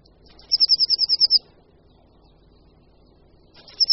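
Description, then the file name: Eurasian blue tit gives one high, quick trill of evenly spaced notes, then a long pause before the next trill starts at the end. "Sýkora-modřinka"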